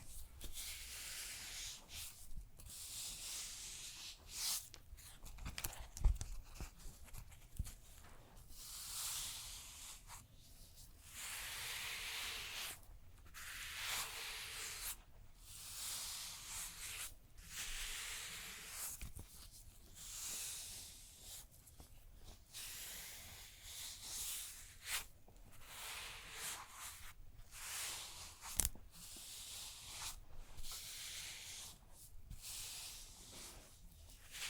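A neck and shoulders massage with no talking, heard as soft rubbing and hissing strokes that swell and fade in bursts every second or two. The brushing sounds are bright and airy, with a faint low rumble underneath and a couple of sharper taps.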